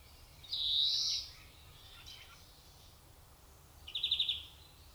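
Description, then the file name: European greenfinch giving one drawn-out, nasal wheezing note, then after a pause a short, rapid, dry trill of chirps near the end. "Chloris chloris"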